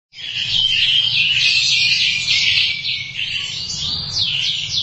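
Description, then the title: Thrush singing a continuous, rapid warble of high, tumbling notes with no pauses, bright and loud throughout, over a faint low rumble. "burung anis"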